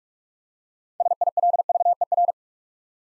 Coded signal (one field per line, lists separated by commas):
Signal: Morse code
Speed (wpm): 44 wpm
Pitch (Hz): 700 Hz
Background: none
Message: SILVER